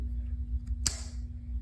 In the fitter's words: Y'all hear that? That snap.